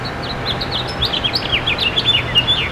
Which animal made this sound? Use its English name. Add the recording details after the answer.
House Finch. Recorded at Port Washington on Long Island, New York, on 22 May 2013. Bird A